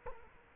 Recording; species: mosquito wingbeat signal from an infrared sensor; Culex quinquefasciatus